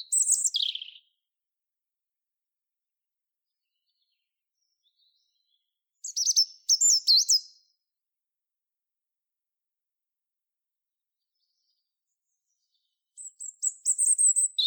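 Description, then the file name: European robin singing three short high tinkling, varied phrases separated by pauses of about five seconds, with near silence between them. "Erithacus rubecula"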